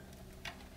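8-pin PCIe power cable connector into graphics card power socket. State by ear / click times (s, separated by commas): seated / 0.5 s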